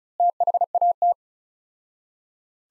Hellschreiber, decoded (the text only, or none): none